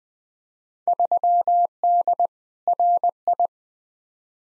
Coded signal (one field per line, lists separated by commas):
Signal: Morse code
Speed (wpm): 20 wpm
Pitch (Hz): 700 Hz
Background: none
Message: 3D RI